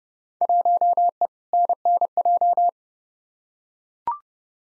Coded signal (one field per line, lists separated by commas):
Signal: Morse code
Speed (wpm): 31 wpm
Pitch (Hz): 700 Hz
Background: none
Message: 1E NNJ